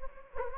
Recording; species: mosquito wingbeat signal from an infrared sensor; Anopheles gambiae